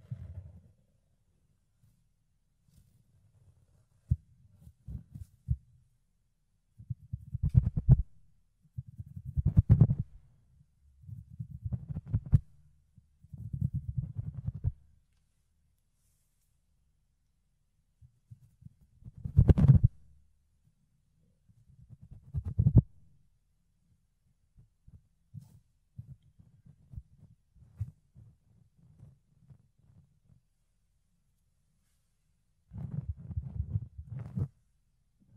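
Ear cleaning and picking make low, muffled scratching and rubbing noises that come in bursts of one to three seconds. Silent gaps separate the bursts. A few sharp, brighter scrapes stand out, one of them near twenty seconds, and the sound is quiet in between.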